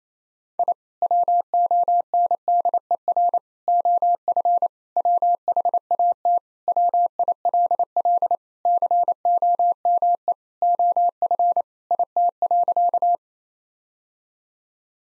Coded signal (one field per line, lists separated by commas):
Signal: Morse code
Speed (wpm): 28 wpm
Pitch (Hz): 700 Hz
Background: none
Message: I WONDER OF WHAT WILL COME OF IT.